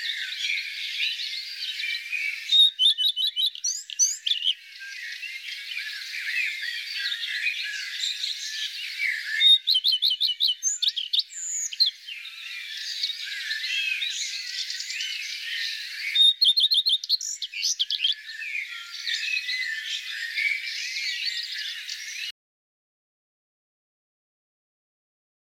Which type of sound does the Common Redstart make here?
song